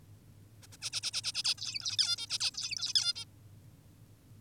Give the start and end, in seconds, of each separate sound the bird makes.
0.63-0.67, 0.72-0.77, 0.82-0.90, 0.93-1.01, 1.03-1.11, 1.13-1.22, 1.24-1.32, 1.34-1.43, 1.44-1.55, 1.58-1.97, 1.99-2.17, 2.18-2.27, 2.30-2.38, 2.40-2.51, 2.54-2.93, 2.95-3.13, 3.16-3.25